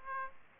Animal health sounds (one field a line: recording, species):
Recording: mosquito wingbeat signal from an infrared sensor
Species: Aedes aegypti